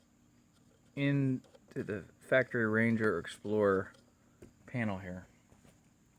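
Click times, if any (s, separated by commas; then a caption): none. A plastic mounting kit holding an aftermarket Android double-DIN radio is handled at the factory radio panel of a Ford Ranger/Explorer dash while someone talks in short bursts over a quiet background. Nothing has seated or clicked into the panel yet.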